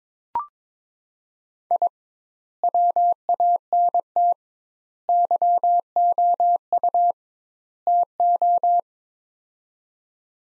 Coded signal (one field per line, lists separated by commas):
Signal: Morse code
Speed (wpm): 22 wpm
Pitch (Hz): 700 Hz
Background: none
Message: I WANT YOU TO